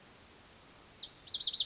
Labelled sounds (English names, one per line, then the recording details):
Pacific Wren
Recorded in Sonoma County, California